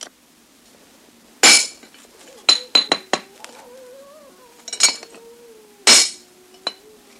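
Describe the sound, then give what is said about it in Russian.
Sharp metallic clanks as a heavy pistol, used instead of a hammer, straightens a machine-gun part. They come in irregular bursts: single hits, then a quick cluster of three or four, with ringing overtones and a faint hum beneath. Sukhov does this in a courtyard under an awning in the film White Sun of the Desert. “Тяжелым пистолетом вместо молотка выправляет деталь пулемета.”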